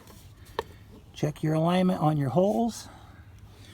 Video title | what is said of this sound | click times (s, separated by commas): Tail light bulb replacement 91-98 Ford Escort Wagon and Mercury Tracer Wagon. | and you Push it right down like that till you hear it snap. | 0.6 s